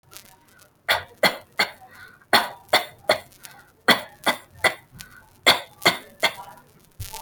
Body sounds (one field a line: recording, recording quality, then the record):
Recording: shallow voluntary cough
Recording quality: excellent, no background noise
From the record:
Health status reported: healthy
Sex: female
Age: 30 years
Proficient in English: yes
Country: India